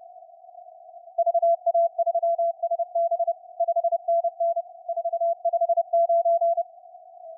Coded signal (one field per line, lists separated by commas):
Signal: Morse code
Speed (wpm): 30 wpm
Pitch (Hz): 720 Hz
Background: none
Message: VA3SB 5NN 459